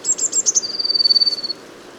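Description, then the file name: Eurasian blue tit call: a quick run of high, thin notes, then an even, fast trill held for about a second before stopping. "Cyanistes caeruleus"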